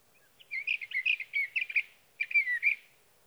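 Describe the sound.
Sage thrasher song, a long rambling phrase of quick warbled and slurred notes, a brief pause, then a shorter phrase.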